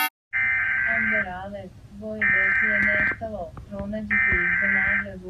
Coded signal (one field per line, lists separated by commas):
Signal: Emergency Alert System (SAME) tones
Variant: header bursts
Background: speech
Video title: ⚠️Rating EAS (A-Z) #23⚠️